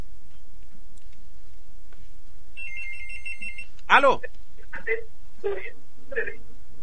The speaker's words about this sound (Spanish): Está sonando el teléfono.